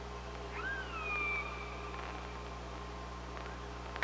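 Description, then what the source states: Killer whale call: one clear call that sweeps sharply upward, then glides down and holds steady, over a continuous low underwater hum, ending with a burst of clicks. Recorded by OrcaLab hydrophone on 24 August 2017.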